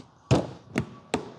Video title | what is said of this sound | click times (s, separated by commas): I Made My Cheap Stolen Hellcat A MASSIVE TARGET To Get Stolen Again! Stolen TWICE Already! | There we go. Click yourself. Perfect. | 0.3 s, 0.8 s, 1.1 s